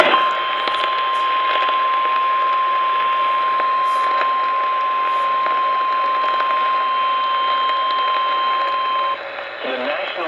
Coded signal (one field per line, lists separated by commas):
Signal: Emergency Alert System (SAME) tones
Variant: 1050 Hz attention tone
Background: speech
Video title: EAS A RISK OF SEVERE TREAT THE RISK UNEXPECTED EAS Alerts from 7/22/23 7/23/23 (EAS#420 & #430)